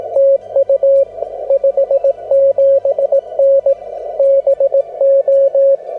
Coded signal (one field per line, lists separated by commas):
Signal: Morse code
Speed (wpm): 17 wpm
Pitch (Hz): 550 Hz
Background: music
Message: TU 57N BO